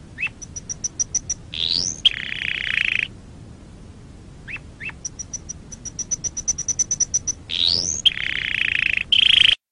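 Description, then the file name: Canary song with quick high ticking notes, short rising whistles and buzzy rolled trills, the phrase sequence repeating twice with brief pauses between. "Canary Voice"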